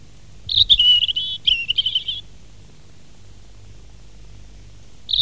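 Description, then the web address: European robin song: a rapid, high twittering phrase of trilled notes lasting under two seconds, then silence and the start of another phrase. "fugler rodstrupe"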